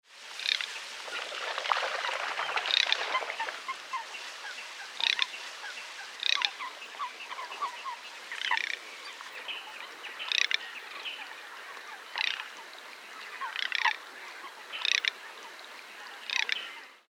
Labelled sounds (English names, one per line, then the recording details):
Garganey
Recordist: Frommolt, Karl-Heinz
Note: Rufe